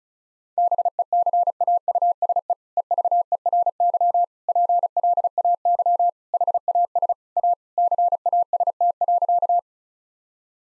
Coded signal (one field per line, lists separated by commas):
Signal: Morse code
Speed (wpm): 36 wpm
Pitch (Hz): 700 Hz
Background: none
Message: BECAUSE EVERY PLAY HAS A CAST.